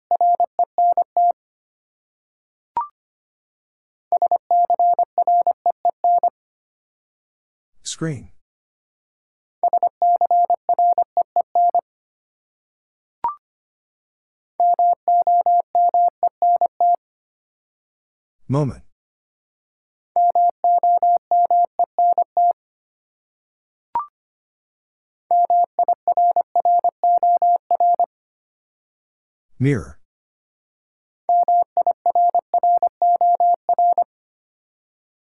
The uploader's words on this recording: Six Letter Words - 25wpm. First, the word is sent in Morse code. Then it is spoken. Finally, it is sent again in More code.